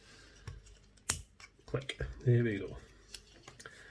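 The plastic body shell of a Hornby R316 0-6-0 Class J83 LNER tank engine is refitted onto its metal chassis, front end first and then the back end, and pressed down. A sharp little click at 1.1 s marks the body clipping home onto the chassis, followed by a few softer taps. Someone talks over the work.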